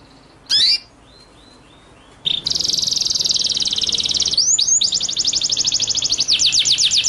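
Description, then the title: White-rumped shama song: a sharp note and soft whistles, then an extended buzzy trill shifting into fast repeated slurred whistles, continuing to the end. Masteran (training) track of white-rumped shama song in full 'ngerol' (rolling) and 'nembak' (shooting) style. "Masteran Murai Batu Full Ngerol Nembak"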